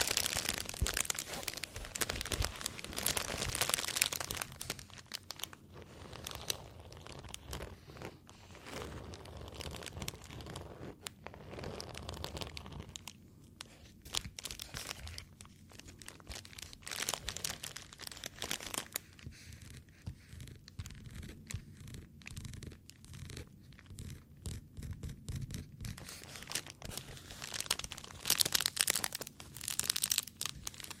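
Foam being handled, with dense crinkling, squeaking and rubbing that runs through the whole stretch. Loud, busy scrunches open the first few seconds and return near the end, while the middle is patchier, made of sharp crackles and brief gaps between squeezes.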